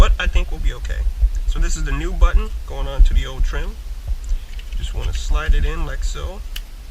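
A new steering wheel radio control switch for a Chevy SS sedan / Holden Commodore is slid into the old plastic steering wheel trim bezel while someone talks. Faint handling ticks come at about 4.2 and 4.6 seconds, but nothing has seated or clicked into place yet.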